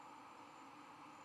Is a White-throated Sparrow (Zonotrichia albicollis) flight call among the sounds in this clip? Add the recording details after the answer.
no. No flight call is heard. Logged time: 22:03 on 11 November 2014